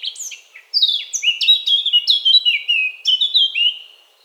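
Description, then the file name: Eurasian blackcap song: brief chattering notes that break into loud, clear, flute-like whistles, each sliding down, in a rich phrase of about three seconds. "Sylvia atricapilla"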